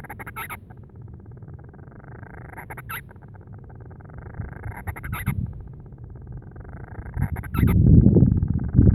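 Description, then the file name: Band-rumped storm petrel calling: a rising buzzy churr ending in sharp squeaky notes, repeated roughly every two seconds, with deep rumbling noise swelling near the end. "Band-rumped-Storm-Petrel-Oceanodroma-castro Grants"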